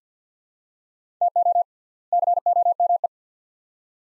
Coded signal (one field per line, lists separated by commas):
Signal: Morse code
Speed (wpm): 50 wpm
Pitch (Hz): 700 Hz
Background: none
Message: TO COME